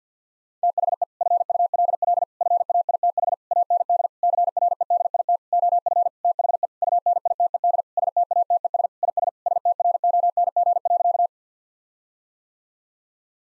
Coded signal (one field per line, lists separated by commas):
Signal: Morse code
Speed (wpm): 50 wpm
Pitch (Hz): 700 Hz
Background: none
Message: THE FULL FAITH AND CREDIT OF THE UNITED STATES IS STRONG.